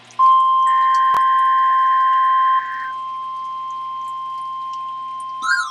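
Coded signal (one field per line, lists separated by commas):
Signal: Emergency Alert System (SAME) tones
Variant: 1050 Hz attention tone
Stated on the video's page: Required weekly tests from two NOAA weather radio stations, received live.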